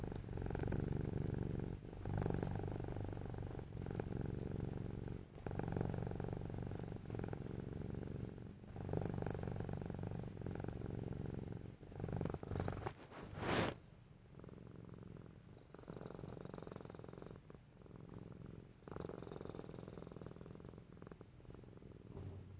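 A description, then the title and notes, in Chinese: A house cat purrs in a steady, low rumble that pulses gently with its breathing and runs almost the whole time. Around thirteen seconds a short sharp rustle or bump cuts in, then the purring settles back, slightly softer toward the end. 用最自然的方式紀錄家貓的日常。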